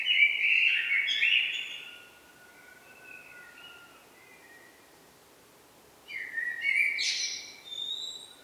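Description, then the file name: Eurasian blackbird singing separate phrases: a rich fluty warble with fading notes, then after a pause another warbled phrase with high twittering. "Turdus merula"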